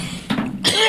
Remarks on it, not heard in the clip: Dry, nagging little hack, you know. Nothing happens. It's just noise and aggravation. A non-productive cough, it's just irritating.